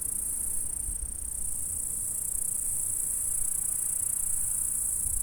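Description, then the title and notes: Insect stridulation as an unbroken shrill buzz held at the same pitch throughout, with low background rumble. "M3XG+CF Saint-François-de-Sales, France - insectes. Stridulations dans la prairie. Enregistreur ZoomH4"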